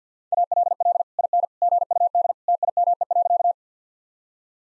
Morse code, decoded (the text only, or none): ALL IN GUD TIME.